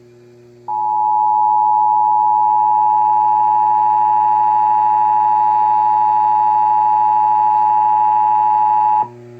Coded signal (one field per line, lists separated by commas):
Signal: Emergency Alert System (SAME) tones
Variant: 853 and 960 Hz attention tone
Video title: A new replacement! EAS Alerts from 9/12/19 - 9/25/19 (EAS #3,353 - 3,359)